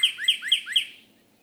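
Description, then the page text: Northern cardinal song: four quick, sharp whistled slurs, evenly spaced, each with a bright peak. Male leaving his night roost and beginning his day in the morning, in a crabapple tree in a yard in Hatfield, Massachusetts; late April–early May 2018. "Cardinals awaking—13 mornings to explore! For 13 mornings during late April and early May 2018, I recorded how a male northern cardinal left the night roost and began his day"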